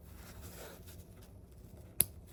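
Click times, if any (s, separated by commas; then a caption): 2.0 s. Two plastic parts of a 6-foot Victor animatronic from Corpse Bride, sold by Spirit Halloween, are pressed together by hand, with a bump underneath lined up with its mating frame piece. Quiet handling and rustling lead up to a single sharp click at 2.0 s. The part seats into the frame.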